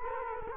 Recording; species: mosquito wingbeat signal from an infrared sensor; Culex quinquefasciatus